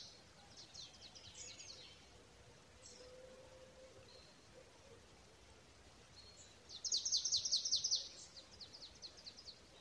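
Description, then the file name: Marsh tit calling: faint scattered high notes, then one loud rapid run of high notes late, over steady low hiss. "Poecile palustris"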